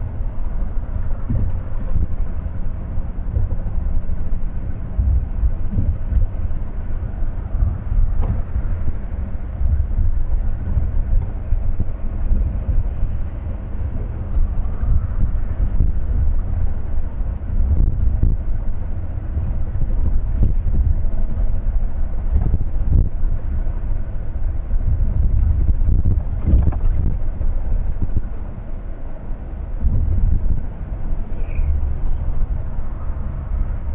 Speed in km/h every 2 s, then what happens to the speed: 68, 69, 70, 76, 76, 77, 79, 79, 79, 81, 82, 81, 80, 82, 82, 81, 78.
4-6 speeds up to 76. 6-34 steady at about 79.